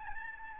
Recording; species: mosquito wingbeat signal from an infrared sensor; Aedes albopictus